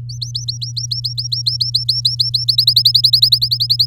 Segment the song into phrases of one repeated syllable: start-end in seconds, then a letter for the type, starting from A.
0.09-2.44 A, 2.48-3.86 B